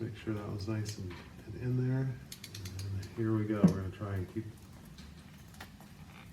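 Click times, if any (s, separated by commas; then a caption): 5.6 s. A click-type torque wrench set to 22 pulls up cylinder head bolts on a Mini engine while someone talks. A quick run of light ratchet clicks is heard around 2.4–2.8 seconds. The wrench then gives a short, sharp click at 5.6 seconds, confirming the bolt has reached torque.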